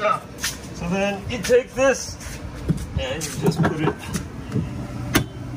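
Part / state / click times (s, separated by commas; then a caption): removable tow ball mount into vehicle hitch receiver / seated / 5.2 s. A removable steel tow ball mount with ball-bearing locking is pushed into the hitch receiver of a Tesla Model X while someone talks. It locks into the receiver with a sharp click at 5.2 s and holds.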